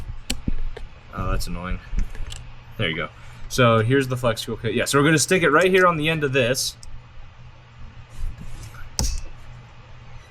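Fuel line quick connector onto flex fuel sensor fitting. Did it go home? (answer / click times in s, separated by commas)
yes / 9.0 s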